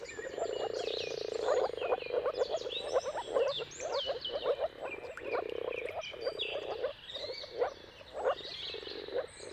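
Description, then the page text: Moor frog mating chorus of soft, hollow bubbling notes running together continuously, accompanied by bright bird song. Moor frogs in mating chorus at sunrise, at the turn of March and April depending on the weather. "Jakub-Orzecki moor frogs. Dawn’s Chorus: Mating Calls of Marsh Frogs at Sunrise. Depending on the weather at the turn of March and April, you can witness an amazing spectacle of moor frogs"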